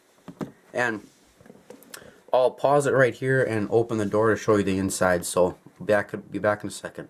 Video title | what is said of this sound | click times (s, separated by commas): Oskgosh H Series Snowblower Review | to go open photo close you just clip it back down you'll hear you'll hear it click and | 0.4 s